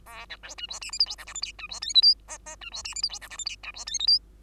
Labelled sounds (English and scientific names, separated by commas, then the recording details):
Bengalese Finch (Lonchura striata domestica) song
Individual Bird2